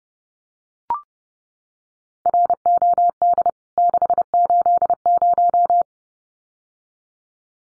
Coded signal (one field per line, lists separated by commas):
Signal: Morse code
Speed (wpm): 30 wpm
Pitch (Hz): 700 Hz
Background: none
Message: ROD 680